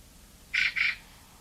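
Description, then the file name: Eurasian magpie giving two quick harsh, raspy notes in succession against a quiet background. "Pica pica"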